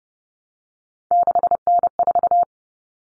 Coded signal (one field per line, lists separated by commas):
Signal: Morse code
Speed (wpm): 30 wpm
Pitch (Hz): 700 Hz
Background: none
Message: 6N4